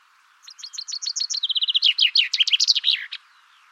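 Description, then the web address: Chaffinch song with a string of high descending chirps, a quick level trill, and a loud jumbled terminal flourish, all within about three seconds. "Deverinetal 2025"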